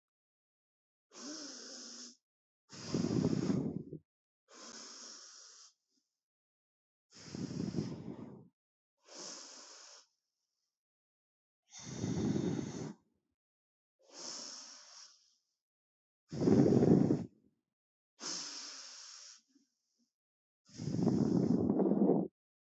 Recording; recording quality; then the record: deep breathing; excellent, no background noise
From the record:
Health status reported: healthy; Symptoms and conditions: none ticked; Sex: female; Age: 22 years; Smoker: not ticked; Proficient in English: yes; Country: India